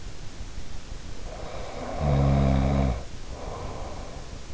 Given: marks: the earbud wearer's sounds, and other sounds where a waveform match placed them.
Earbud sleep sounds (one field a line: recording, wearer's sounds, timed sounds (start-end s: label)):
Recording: sounds in sleep by an in-ear microphone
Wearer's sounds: snoring breath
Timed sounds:
1.27-4.33 s: snoring breath